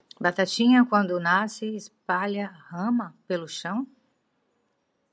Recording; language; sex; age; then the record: short text; Brazilian Portuguese; female; 50 to 59 years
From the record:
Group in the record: control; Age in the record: 53 years